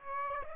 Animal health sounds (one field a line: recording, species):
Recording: mosquito wingbeat signal from an infrared sensor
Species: Aedes aegypti